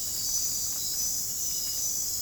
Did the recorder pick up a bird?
no